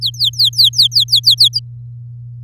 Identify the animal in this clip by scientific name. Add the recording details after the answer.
Serinus canaria. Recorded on 8 May 2018 at 09:18. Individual llb16